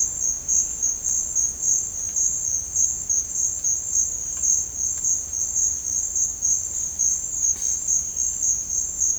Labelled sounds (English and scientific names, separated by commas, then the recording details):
none
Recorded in dense forest near Puerto Asís, Putumayo, Colombia, on 26 December 2024 at 07:00
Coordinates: 0.481, -76.323
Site G100